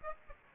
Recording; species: mosquito wingbeat signal from an infrared sensor; Aedes aegypti